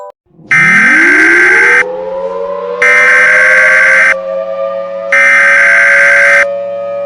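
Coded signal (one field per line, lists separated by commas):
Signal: Emergency Alert System (SAME) tones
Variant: header bursts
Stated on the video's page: Fictional doomsday EAS scenario with valid tones and synthesized narration.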